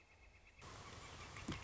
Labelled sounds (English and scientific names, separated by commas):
Northern Flicker (Colaptes auratus)